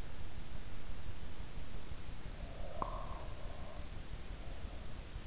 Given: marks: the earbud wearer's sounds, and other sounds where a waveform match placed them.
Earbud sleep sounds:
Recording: sounds in sleep by an in-ear microphone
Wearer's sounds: snoring breath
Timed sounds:
2.33-3.93 s: snoring breath

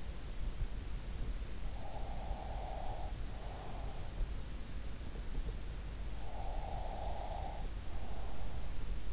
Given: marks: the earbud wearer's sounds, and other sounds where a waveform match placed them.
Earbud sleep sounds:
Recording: sounds in sleep by an in-ear microphone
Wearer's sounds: breath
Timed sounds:
1.27-4.55 s: breath
6.00-9.12 s: breath

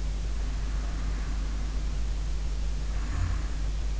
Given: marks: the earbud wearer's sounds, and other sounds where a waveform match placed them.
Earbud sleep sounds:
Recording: sounds in sleep by an in-ear microphone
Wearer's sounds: snoring breath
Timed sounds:
0.00-3.93 s: snoring breath

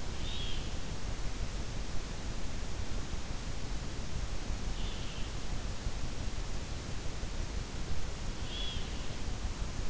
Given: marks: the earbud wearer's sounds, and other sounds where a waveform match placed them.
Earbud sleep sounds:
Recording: sounds in sleep by an in-ear microphone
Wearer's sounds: breath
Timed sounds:
0.00-0.71 s: breath
8.25-8.96 s: breath

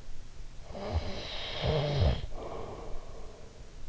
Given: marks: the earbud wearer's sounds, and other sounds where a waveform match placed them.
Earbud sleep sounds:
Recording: sounds in sleep by an in-ear microphone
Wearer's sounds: snoring breath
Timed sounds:
0.41-3.89 s: snoring breath

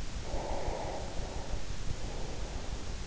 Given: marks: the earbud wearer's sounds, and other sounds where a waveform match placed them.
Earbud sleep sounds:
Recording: sounds in sleep by an in-ear microphone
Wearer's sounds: breath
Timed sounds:
0.13-3.00 s: breath

